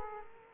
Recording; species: mosquito wingbeat signal from an infrared sensor; Aedes aegypti